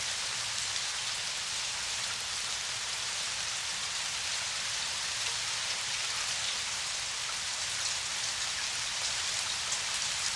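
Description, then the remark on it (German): Steady rain falls without pause, a dense, even hiss spread across the upper range with a soft low rumble beneath, holding a constant loudness throughout and no voices. “Regen, schwarze Hoffnung, Vorausdeutung in der Luft.”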